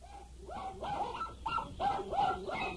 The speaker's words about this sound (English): And what about those dogs? Those dogs are small, too.